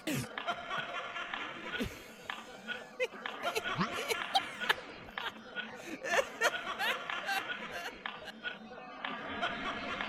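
Laughter in a theatre: a dense crowd of overlapping voices, chuckles and chatter runs steadily throughout. Sharp clicks and claps break in often, and the laughing swells in louder bursts around four to five seconds and again near six to seven seconds.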